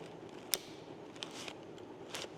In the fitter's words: Hear that? That's the click you need to hear.